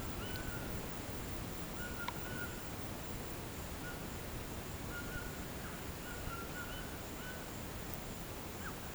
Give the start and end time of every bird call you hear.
[0.00, 0.70] bird call
[1.70, 2.52] bird call
[3.80, 4.05] bird call
[4.93, 7.45] bird call

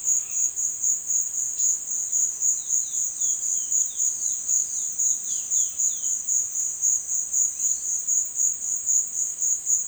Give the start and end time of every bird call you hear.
[0.00, 0.57] bird call
[1.45, 1.67] bird call
[2.35, 6.27] bird call
[7.45, 7.88] bird call

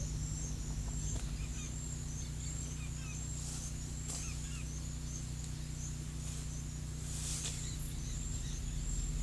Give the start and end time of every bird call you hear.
[1.23, 4.66] bird call

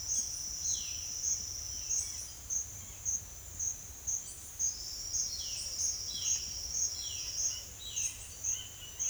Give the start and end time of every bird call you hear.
[0.40, 2.30] bird call
[5.33, 9.10] bird call

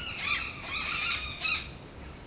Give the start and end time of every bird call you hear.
[0.00, 1.64] bird call

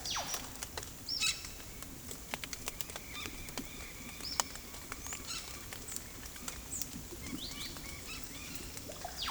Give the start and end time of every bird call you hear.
[1.08, 1.32] bird call
[4.22, 4.35] bird call
[5.28, 5.46] bird call
[6.69, 6.85] bird call
[7.14, 8.50] bird call

